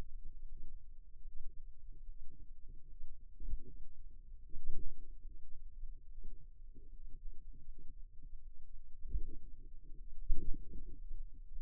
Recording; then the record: forearm muscle sounds (acoustic myography)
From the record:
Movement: finger pinch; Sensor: system 2, bracelet of six BSWA MPA416 microphones around the upper forearm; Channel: 2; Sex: female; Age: 23 years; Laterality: right